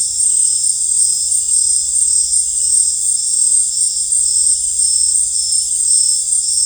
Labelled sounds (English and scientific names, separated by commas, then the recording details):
none
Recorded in secondary vegetation near Puerto Asís, Putumayo, Colombia, on 26 December 2024 at 18:30
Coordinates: 0.484, -76.319
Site GP06